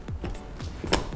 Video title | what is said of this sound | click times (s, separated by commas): MERCEDES CLK W208 WIND BLOCKER INSTALLATION HOW TO USE | until it clicks on the other side as well just like that make sure it's like that | 0.9 s